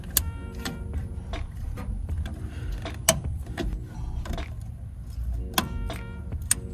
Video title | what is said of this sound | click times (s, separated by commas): Chevy & GMC Fuel Pump Replacement -- EASY | Simply push them on until you hear a satisfying click. | 0.2 s, 3.1 s, 6.5 s